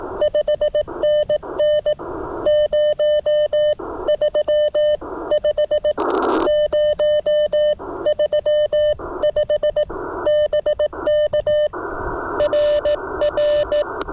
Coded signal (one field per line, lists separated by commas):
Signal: Morse code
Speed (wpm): 18 wpm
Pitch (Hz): 590 Hz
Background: none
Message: 5NN 035 035 BK RR